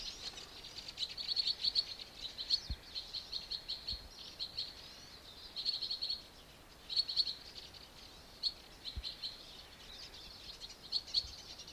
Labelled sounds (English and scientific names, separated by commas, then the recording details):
Two-barred Crossbill (Loxia leucoptera) call
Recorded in the wild
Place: Yoho National Park, Rocky Mountains, British Columbia, CA
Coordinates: 51.4433, -116.542
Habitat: coniferous forest
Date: 1991-09-19 11:18
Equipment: Sony WM-D6C, Sony ECM-939 LT (Stereo), Kopie Uher 4400 IC
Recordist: Frommolt, Karl-Heinz
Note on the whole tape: Lake Emerald: Rufe